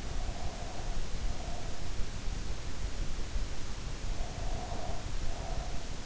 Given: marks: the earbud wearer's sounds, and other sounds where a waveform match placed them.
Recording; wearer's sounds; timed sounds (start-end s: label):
sounds in sleep by an in-ear microphone; breath
0.11-1.87 s: breath
4.01-6.00 s: breath